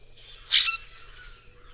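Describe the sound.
Bird call, one loud harsh burst of high notes lasting under a second, with faint chirps before and after.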